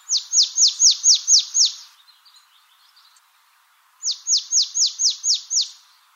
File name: marsh tit